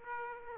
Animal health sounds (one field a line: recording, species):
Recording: mosquito wingbeat signal from an infrared sensor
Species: Aedes aegypti